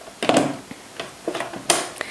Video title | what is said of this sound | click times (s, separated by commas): Ninja Pro XL Unboxing - 12 Cup Capacity Bowl, 1200 Watt, Large 3-Part Chute & Adjustable Slicing! | everything locks into place there has suction cups on the bottom of the base so it won't | 1.7 s